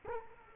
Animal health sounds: mosquito wingbeat signal from an infrared sensor; Culex quinquefasciatus

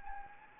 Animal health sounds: mosquito wingbeat signal from an infrared sensor; Anopheles gambiae

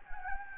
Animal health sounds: mosquito wingbeat signal from an infrared sensor; Anopheles gambiae

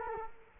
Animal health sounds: mosquito wingbeat signal from an infrared sensor; Culex quinquefasciatus

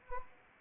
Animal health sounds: mosquito wingbeat signal from an infrared sensor; Anopheles arabiensis

